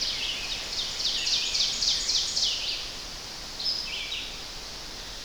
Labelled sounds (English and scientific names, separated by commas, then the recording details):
Red-eyed Vireo (Vireo olivaceus) song
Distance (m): 35 m
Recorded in boreal forest in Alberta, Canada, on 10 June 2016 at 07:44
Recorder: SongMeter 3, array SBT-3-39
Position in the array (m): 195 m, 122 m